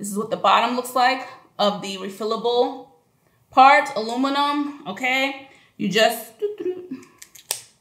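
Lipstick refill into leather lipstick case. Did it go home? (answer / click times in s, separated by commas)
yes / 7.5 s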